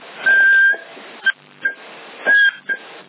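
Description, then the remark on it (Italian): A series of sharp, steady whistles into a handheld CB radio microphone to test for positive signal peaks: two long held tones and several short blips, all at the same high pitch, heard through a band-limited, radio-like channel with a faint hiss between them. “Puoi fare un colpo di coso, di fischio, per vedere se c'hai anche dei picchi positivi, te lo posso anche dire.”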